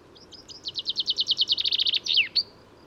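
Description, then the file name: Common chaffinch song: a quick series of high notes speeding into a descending trill, ending in a sharp downward flourish and a short final note, about two seconds long. "Fringilla coelebs"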